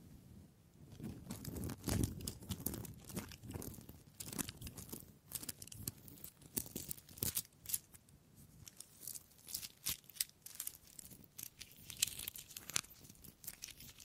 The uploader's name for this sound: Wood Triggers